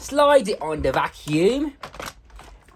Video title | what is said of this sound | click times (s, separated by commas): UNBOXING - Dyson Ball Animal UP32 | until the bottom clip clicks into place. Like that. Well, not really. | none